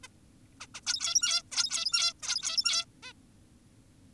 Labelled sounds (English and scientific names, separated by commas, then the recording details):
Zebra Finch (Taeniopygia guttata)
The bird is an adult
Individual g17y2U